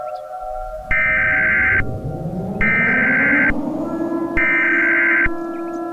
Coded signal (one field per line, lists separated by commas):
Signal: Emergency Alert System (SAME) tones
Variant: header bursts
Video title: Nuclear Attack 3: Our Worst Luck Yet... (EAS St. Patrick's Day Special)